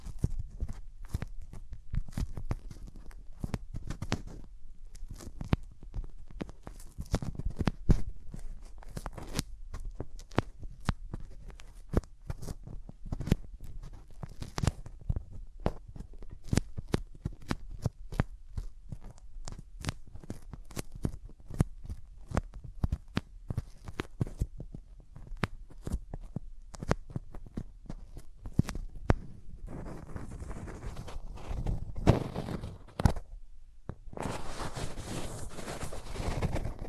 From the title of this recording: Rubbing Your Ears in My Hands Sensitive, Close Up Triggers (No Talking)